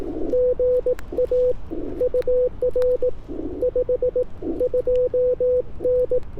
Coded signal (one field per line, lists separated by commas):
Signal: Morse code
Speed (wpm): 18 wpm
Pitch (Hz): 500 Hz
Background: none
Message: GA UR 52N